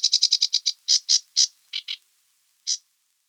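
Sedge warbler song fragment: a quick burst of harsh, buzzy ticking notes that slows into separate scratchy syllables, then one last note after a pause.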